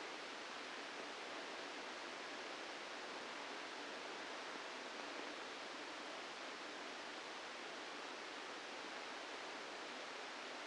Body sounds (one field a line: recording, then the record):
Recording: brain microelectrode recording played as sound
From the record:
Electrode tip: inside the subthalamic nucleus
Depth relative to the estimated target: 1 mm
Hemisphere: left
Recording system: NeuroSet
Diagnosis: Parkinson's disease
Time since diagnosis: 8 years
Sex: male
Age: 65 years